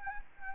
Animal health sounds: mosquito wingbeat signal from an infrared sensor; Anopheles gambiae

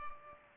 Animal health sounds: mosquito wingbeat signal from an infrared sensor; Culex pipiens

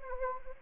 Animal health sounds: mosquito wingbeat signal from an infrared sensor; Anopheles arabiensis

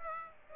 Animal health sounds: mosquito wingbeat signal from an infrared sensor; Aedes aegypti

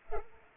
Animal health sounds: mosquito wingbeat signal from an infrared sensor; Culex pipiens

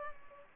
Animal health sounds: mosquito wingbeat signal from an infrared sensor; Culex pipiens

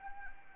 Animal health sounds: mosquito wingbeat signal from an infrared sensor; Anopheles arabiensis

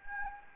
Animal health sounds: mosquito wingbeat signal from an infrared sensor; Anopheles gambiae

